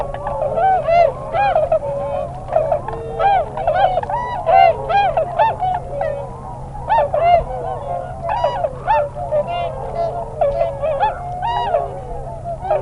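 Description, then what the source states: Tundra swan flock: loud, busy chorus of hooting and yelping calls, constantly overlapping with bursts of sharper notes throughout. Nominate subspecies Cygnus columbianus columbianus.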